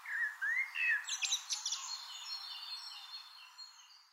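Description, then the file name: Eurasian blackbird's soft whistled phrases wavering up and down, then a brief scratchy twitter fading out, with a steady hiss of background noise. "Turdus merula"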